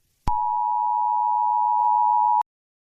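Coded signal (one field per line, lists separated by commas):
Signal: Emergency Alert System (SAME) tones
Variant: 853 and 960 Hz attention tone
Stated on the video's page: Fictional EAS alert for a HAZ-487 breach, not based on a real event.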